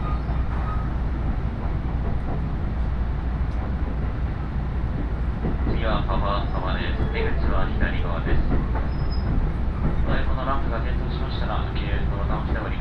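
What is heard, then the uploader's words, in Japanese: Onboard a train on the Iida Line, a steady low rumble fills the carriage while voices talk from about six seconds onward. 鉄道旅 飯田線 辰野→伊那市。やってきたのは313系の2両編成。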